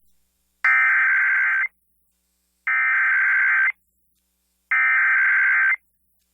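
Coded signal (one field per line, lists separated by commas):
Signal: Emergency Alert System (SAME) tones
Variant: header bursts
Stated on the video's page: EAS required weekly and monthly tests.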